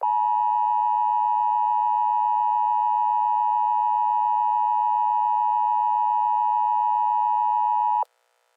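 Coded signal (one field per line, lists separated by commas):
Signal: Emergency Alert System (SAME) tones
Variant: 853 and 960 Hz attention tone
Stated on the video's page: Fake nuclear attack EAS alert made by the uploader as a prank.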